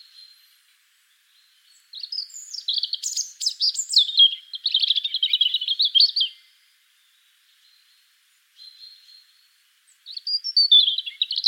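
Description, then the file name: European robin singing a long rippling warble of high whistles and trills, pausing, then starting another sweet tumbling phrase. "Erithacus rubecula"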